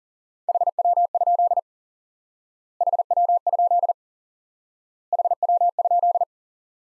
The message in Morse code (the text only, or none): HW? HW? HW?